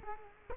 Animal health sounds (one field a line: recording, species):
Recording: mosquito wingbeat signal from an infrared sensor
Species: Culex quinquefasciatus